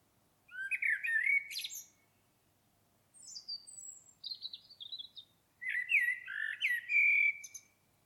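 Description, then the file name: Common blackbird song: two fluted, warbling phrases with squeaky high notes, separated by a run of quieter, high thin notes. "Turdus merula"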